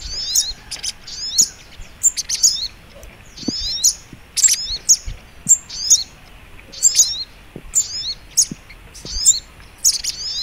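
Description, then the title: Sogok ontong: bird singing a rapid high twitter: short slurred phrases with sharp chips, repeated steadily throughout, with faint low taps in the background. Training recording (masteran) of a sogok ontong bird, labaik style. "Masteran Burung Sogok Ontong Labaik"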